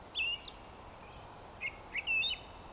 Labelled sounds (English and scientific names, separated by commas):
Eurasian Woodcock (Scolopax rusticola) whistle